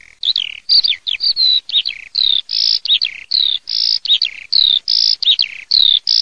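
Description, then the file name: Eurasian skylark song, a fast continuous stream of high chirping, trilled and sliding whistled notes with short gaps between phrases. "ALLODOLAMORENO"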